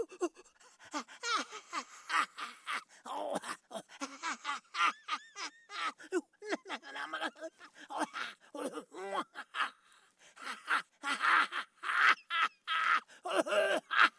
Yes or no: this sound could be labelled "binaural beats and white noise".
no